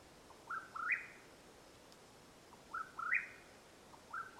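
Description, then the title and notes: Mexican whip-poor-will calling, a short whistled note stepping up into a higher burry phrase, repeated over quiet hiss. Mexican Whip-poor-will call at nightfall, Madera Canyon, Arizona, USA, 21 April 2022. "The call of the Mexican Whip-poor-will at nightfall in Madera Canyon, AZ. Recorded April, 21 2022."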